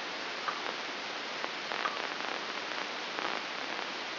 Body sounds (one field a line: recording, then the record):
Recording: brain microelectrode recording played as sound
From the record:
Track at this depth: outside the subthalamic nucleus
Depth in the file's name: 7.26 mm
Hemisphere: left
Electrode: 2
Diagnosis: Parkinson's disease